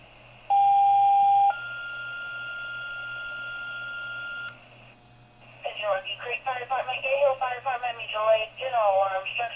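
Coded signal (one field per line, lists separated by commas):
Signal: two-tone page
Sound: a one-second low tone, then a three-second higher tone, followed by a dispatcher talking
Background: radio dispatcher voice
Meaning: Alerts the paged fire departments to respond to a structure fire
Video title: Structure Fire Pager Tones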